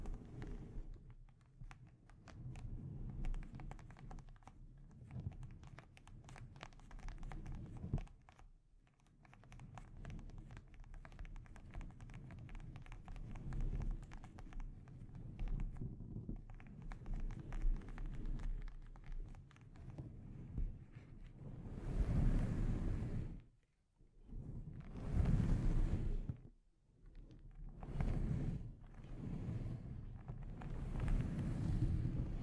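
Delicate scratching and tapping on a microphone, a dense run of small rubbing and ticking sounds with a low rumbling undertone. After about 22 seconds the scratching turns into louder, fuller bursts of rough friction, separated by brief near-silent gaps.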